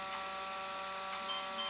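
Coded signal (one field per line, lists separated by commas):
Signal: beep code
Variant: brushless ESC programming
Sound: steady electrical hum, then 2 short high beeps about 0.3 s apart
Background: motor or electrical hum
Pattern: 2 short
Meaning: Second programming item, drag brake force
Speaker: first beat two beeps let go so that's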